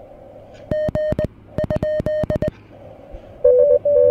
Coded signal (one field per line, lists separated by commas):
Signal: Morse code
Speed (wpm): 19 wpm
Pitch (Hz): 1850 Hz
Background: none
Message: G ?